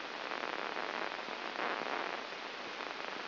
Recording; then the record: brain microelectrode recording played as sound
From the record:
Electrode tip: inside the subthalamic nucleus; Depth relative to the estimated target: -1 mm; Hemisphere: left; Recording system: AlphaMap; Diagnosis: Parkinson's disease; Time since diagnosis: 19 years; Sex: male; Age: 59 years